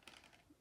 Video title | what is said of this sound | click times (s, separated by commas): 2019 SIK SK2 Mechanical & F4 Fixed Broadheads Review By Mike's Archery | head there and they snap into place and they're replaceable obviously with the blades being replaceable and everything | 0.1 s